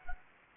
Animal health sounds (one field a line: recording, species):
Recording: mosquito wingbeat signal from an infrared sensor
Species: Anopheles gambiae